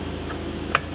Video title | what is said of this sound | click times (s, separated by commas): MFI Brake Solenoid Replacement | snaps in place you just | 0.8 s